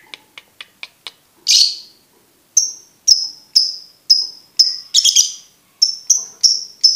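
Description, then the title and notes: Lovebird song: faint ticking notes, one rasping squawk, then regular shrill chirps about two per second. For birds to learn the ngekek song style. "MASTERAN BURUNG. Belajar Ngekek. lofbet"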